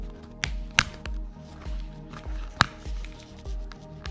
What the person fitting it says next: and you hear the click click click